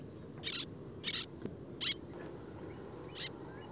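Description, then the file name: Little tern giving four short, harsh, rasping calls at uneven intervals, each a brief high burst, over a steady low background rumble. "sterne naine"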